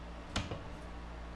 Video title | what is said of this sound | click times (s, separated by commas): Craftsman Circular Saw Tutorial and Blade Change Model CMCS505 | to install this you just put it in and then twist it clockwise and you'll hear it click | 0.4 s